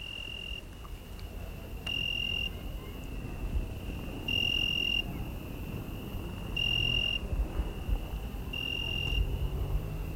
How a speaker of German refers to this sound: Als ich zur Trattoria zurückgehe, begleitet mich im Dunkel der grelle Gesang der Zikaden. Es hört sich an, als sängen da in der Dunkelheit Scharen von Vögeln. So viele Grillen sind es.